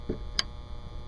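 The second antenna cable connector for a paint-matched antenna on a 2010 Camaro, a green plastic connector rotated so its tab faces back, is pushed into its roof wiring socket over a steady low hum. A soft low thump at 0.1 s is followed by a sharp, bright click at 0.4 s. The connector clicks in and is seated.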